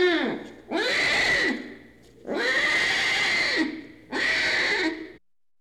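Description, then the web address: Tiger cub giving three drawn-out, strained wails, each starting with a rising-falling whine, over a low hum. Tiger cub, in a cage. "tiger cub crying in cage"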